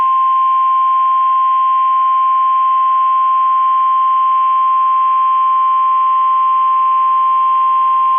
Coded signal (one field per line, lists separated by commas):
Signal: Emergency Alert System (SAME) tones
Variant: 1050 Hz attention tone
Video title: 8/30/23 - KEC65 Required Weekly Test (EAS #867)